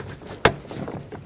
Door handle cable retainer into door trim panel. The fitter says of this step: Listen for a click.